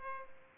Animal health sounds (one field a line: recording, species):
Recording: mosquito wingbeat signal from an infrared sensor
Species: Culex pipiens